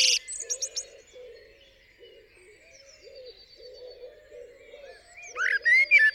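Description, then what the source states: Common blackbird: a few high scratchy notes at the start, a long quiet pause, then a short warbled phrase near the end. Singing on a studio roof in the UK, 8 April 2020 around 7am, still morning during Covid-19 lockdown; recorded with a parabolic dish and mid-side microphone pair.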